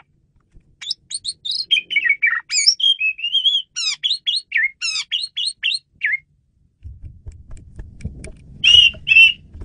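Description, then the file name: Asian pied starling delivering a long run of varied whistled and slurred notes, followed after a pause by two louder calls. Female bird used as a lure (pemikat) bird. "jalak suren betina pemikat"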